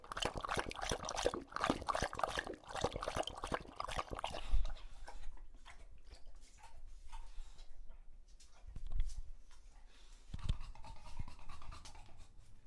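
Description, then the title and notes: English Bulldog lapping water in quick, wet, rapid strokes for about four seconds, then quieter intermittent sounds with a few low thumps. Male English Bulldog named Lucho drinking from a water bowl after a long walk; out of breath, heavy breathing in between drinks, drinks for a long time. "English Bulldog Drinks from Water Bowl - Weird Sounds. Lucho the English Bulldog as he tries to drink water after a long walk. Don't let his heavy breathing fool you in between drinks, he's equally out of breath from the walk"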